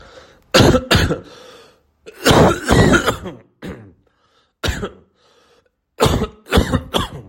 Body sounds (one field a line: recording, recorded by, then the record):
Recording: voluntary cough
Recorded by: messaging app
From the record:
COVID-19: positive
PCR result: self-reported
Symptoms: yes